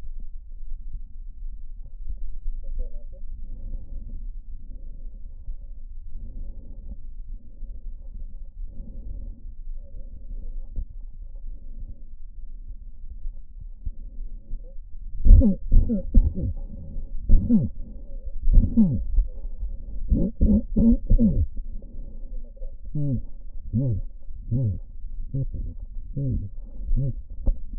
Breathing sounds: lung sounds by stethoscope; right anterior apical chest; quiet breathing, then cough and speech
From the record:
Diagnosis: COPD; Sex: male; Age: 70 years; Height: 170 cm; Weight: 74 kg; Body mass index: 25.6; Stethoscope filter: diaphragm mode

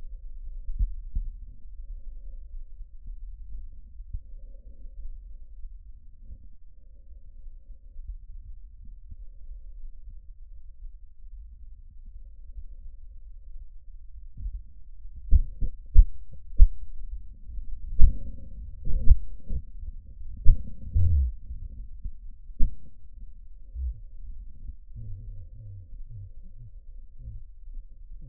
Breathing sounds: lung sounds by stethoscope; trachea; quiet breathing, then cough and speech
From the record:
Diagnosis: pulmonary infection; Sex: male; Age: 69 years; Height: 184 cm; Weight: 115 kg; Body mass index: 34.0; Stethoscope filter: bell mode

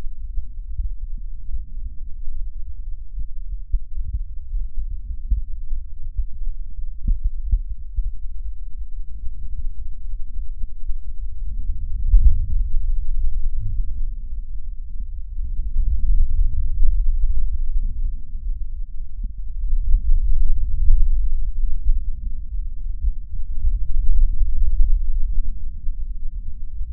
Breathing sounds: lung sounds by stethoscope; left anterior apical chest; quiet breathing, then deep breathing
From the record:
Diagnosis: pulmonary infection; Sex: male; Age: 86 years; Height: 165 cm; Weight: 65 kg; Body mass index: 23.9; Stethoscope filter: bell mode

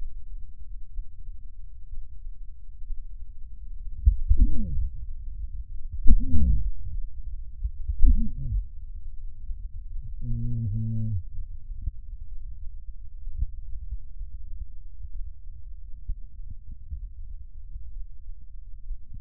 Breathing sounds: lung sounds by stethoscope; right anterior apical chest; quiet breathing, then cough and speech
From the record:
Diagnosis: COPD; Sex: male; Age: 69 years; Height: 162 cm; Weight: 124.8 kg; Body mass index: 47.6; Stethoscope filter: bell mode

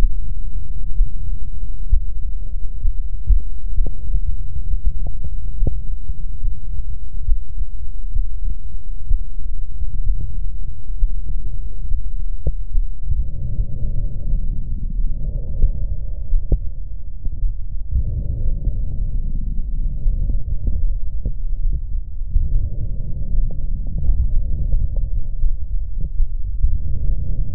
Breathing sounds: lung sounds by stethoscope; left posterior apical chest; quiet breathing, then deep breathing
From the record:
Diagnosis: none (healthy); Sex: male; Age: 30 years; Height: 190 cm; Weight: 88 kg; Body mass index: 24.4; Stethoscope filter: extended mode

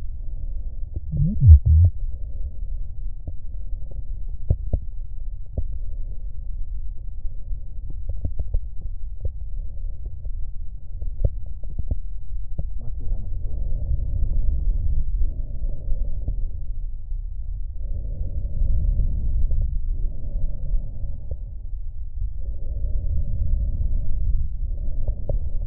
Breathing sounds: lung sounds by stethoscope; right posterior apical chest; quiet breathing, then deep breathing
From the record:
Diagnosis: none (healthy); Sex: male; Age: 60 years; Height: 190 cm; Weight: 150 kg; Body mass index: 41.6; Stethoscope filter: extended mode

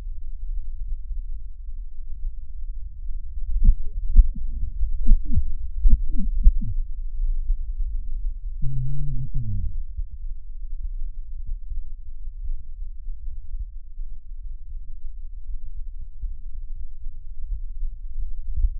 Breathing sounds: lung sounds by stethoscope; right anterior apical chest; quiet breathing, then cough and speech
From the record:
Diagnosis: interstitial lung disease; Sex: male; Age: 72 years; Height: 170 cm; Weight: 62.9 kg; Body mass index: 21.8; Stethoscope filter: bell mode

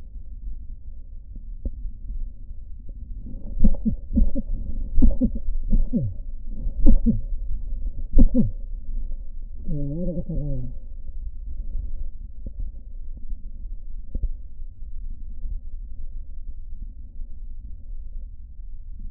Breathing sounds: lung sounds by stethoscope; right posterior basal chest; quiet breathing, then cough and speech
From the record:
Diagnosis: COPD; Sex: male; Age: 72 years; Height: 172 cm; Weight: 58.6 kg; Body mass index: 19.8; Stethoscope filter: diaphragm mode

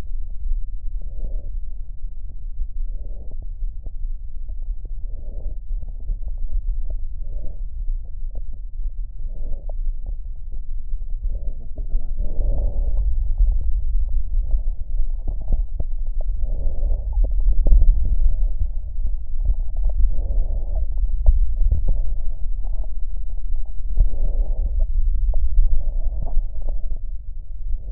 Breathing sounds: lung sounds by stethoscope; right posterior basal chest; quiet breathing, then deep breathing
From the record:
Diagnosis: COPD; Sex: female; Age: 68 years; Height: 150 cm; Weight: 70 kg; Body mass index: 31.1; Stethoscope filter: extended mode

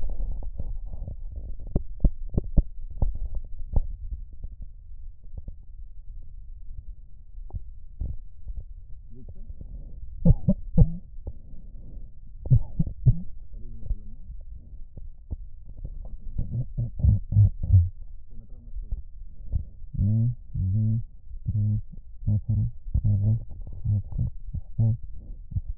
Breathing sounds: lung sounds by stethoscope; right posterior apical chest; quiet breathing, then cough and speech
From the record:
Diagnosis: none (healthy); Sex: male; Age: 29 years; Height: 180 cm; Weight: 100 kg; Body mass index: 30.9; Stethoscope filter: extended mode

